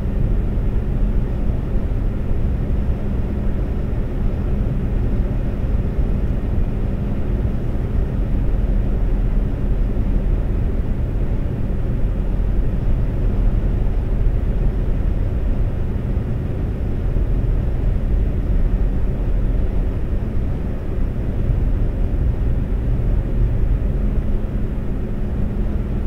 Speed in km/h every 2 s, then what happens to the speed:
132, 132, 132, 132, 132, 134, 134, 132, 132, 132, 132, 130, 130.
0-26 steady at about 132.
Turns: none.